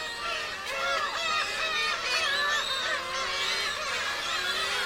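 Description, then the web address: Gulls crying in a busy overlapping chorus, bending nasal mews and short yelps layered continuously, with one sharp click early on. Gull colony on an island at Hachinohe, Japan. "Foundation 1 AMBIENCE HACHINOHE SEAGULL ISLAND"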